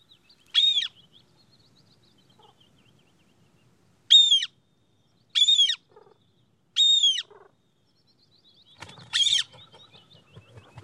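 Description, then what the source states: Hen Harrier calls: five loud, clipped notes, spaced irregularly a second or more apart. Breeding species in Västerbotten County, Sweden; the last species wanted for a recording project, apparently one of the most challenging recordings to get.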